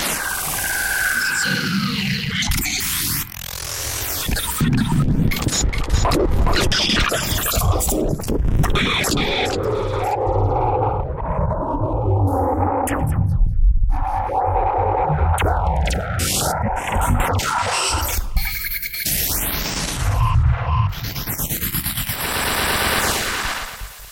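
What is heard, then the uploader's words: Strange noises fill the whole stretch: sweeping tones that swoop up and down in pitch like warped sirens or bent whistles, layered over a dense, churning rumble. Sharp whacks and crashing hits break in every second or two, and the level stays loud and busy throughout. Some strange noises i made in Renoise.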